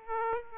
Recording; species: mosquito wingbeat signal from an infrared sensor; Aedes aegypti